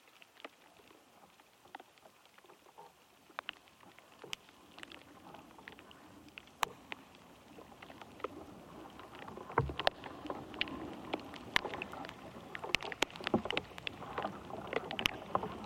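Interior sound of an ash tree: dense clicks and sharp ticks over a low rustling murmur that grows busier and louder after eight seconds.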